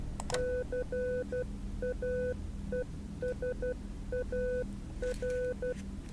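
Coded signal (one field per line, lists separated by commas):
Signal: Morse code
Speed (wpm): 12 wpm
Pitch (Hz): 500 Hz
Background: none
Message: CAESAR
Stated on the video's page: Morse code heard in a psychological horror puzzle game.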